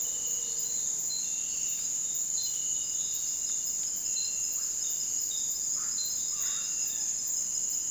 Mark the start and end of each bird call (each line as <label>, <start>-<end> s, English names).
Russet-backed Oropendola, 4.38-7.13 s